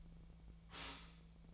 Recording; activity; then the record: daily activity, microphone in the room; stop toaster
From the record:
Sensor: 1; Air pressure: 1009.2 hPa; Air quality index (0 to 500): 196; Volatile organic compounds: 20 ppm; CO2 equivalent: 2678 ppm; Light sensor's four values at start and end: 27/70/29/34 and 27/70/29/34